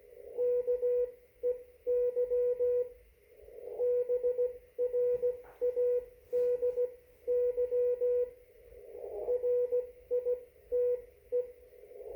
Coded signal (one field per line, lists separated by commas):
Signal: Morse code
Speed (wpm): 16 wpm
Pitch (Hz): 490 Hz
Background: radio noise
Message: KEY BRADY RITE